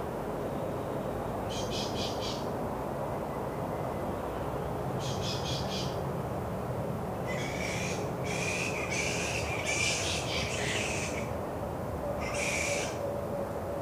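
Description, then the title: Flying foxes giving harsh, screechy chattering calls in short bursts, then a longer run of squabbling and one more short burst, over a steady low roar. Bat colony in mangroves just before dusk. "Carrington Mangroves. Bat colony just before dusk"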